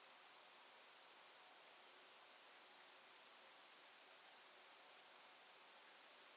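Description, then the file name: European robin uttering two brief, thin, high notes, one at the start and a fainter one near the end, with long silence between. "Erithacus rubecula"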